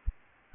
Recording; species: mosquito wingbeat signal from an infrared sensor; Aedes albopictus